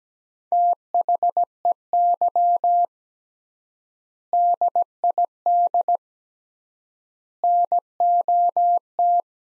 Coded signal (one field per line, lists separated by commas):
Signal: Morse code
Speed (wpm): 17 wpm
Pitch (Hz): 700 Hz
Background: none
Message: THEY DID NOT